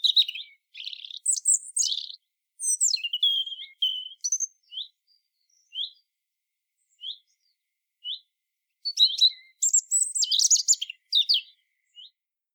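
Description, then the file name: European robin song, bursts of high, tinkling, varied phrases separated by short pauses, with isolated thin notes between bursts, clean and quiet background. "Erithacus rubecula"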